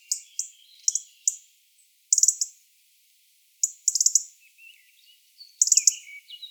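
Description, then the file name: European robin giving thin, high-pitched chirps and short sharp clusters of notes in irregular bursts, with faint lower twittering between them. "Erithacus rubecula"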